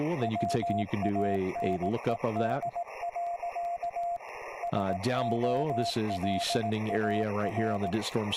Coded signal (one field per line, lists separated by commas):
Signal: Morse code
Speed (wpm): 18 wpm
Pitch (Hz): 690 Hz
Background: speech, radio noise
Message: WANED. SOLAR